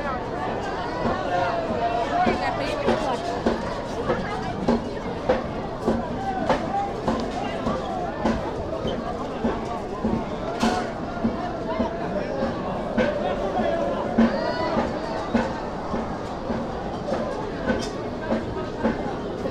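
A night market crowd murmurs steadily, many voices overlapping with no single speaker standing out. Sharp clacks and knocks cut through every second or so, and a low rumble of traffic or machinery runs underneath throughout.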